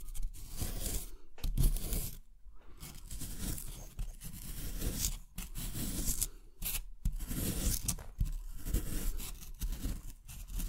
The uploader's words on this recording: In a water-soaked block of plaster. Sounds maked with an excavation kit, like archaeological excavation.